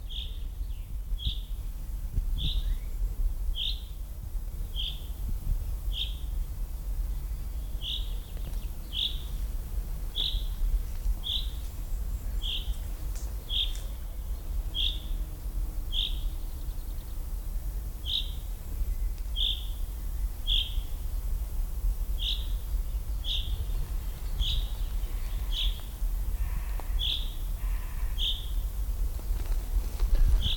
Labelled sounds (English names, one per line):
Common Chaffinch call